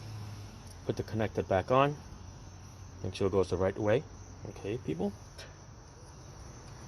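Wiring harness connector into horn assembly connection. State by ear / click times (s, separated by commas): not seated / none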